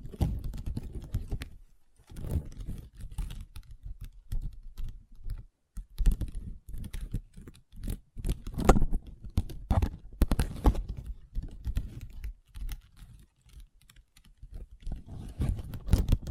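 Long nails tap and scratch across a tabletop in quick, uneven bursts of clicks, with brief silent gaps near two and six seconds.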